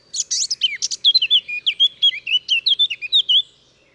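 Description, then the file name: Eurasian blackcap singing: rapid harsh twittering at the start gives way to a rich, fast series of clear whistled phrases that stops abruptly. "Sylvia atricapilla"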